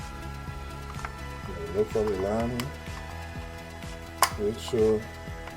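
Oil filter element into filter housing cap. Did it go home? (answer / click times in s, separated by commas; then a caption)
no / none. During an oil change on a 2011 GMC Terrain SLE, an oil filter element is lined up with its filter housing cap as someone talks over steady background music. A few sharp handling knocks are heard, the loudest near 4.2 seconds, but nothing has seated or clicked yet.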